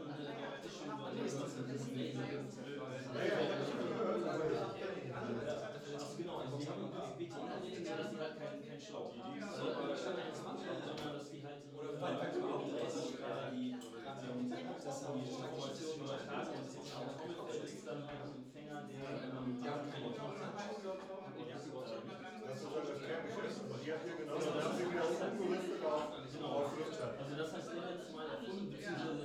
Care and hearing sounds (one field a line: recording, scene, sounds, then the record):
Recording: everyday scene through a hearing-aid microphone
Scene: many people talking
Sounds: many voices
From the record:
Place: bistro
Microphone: in the ear canal, left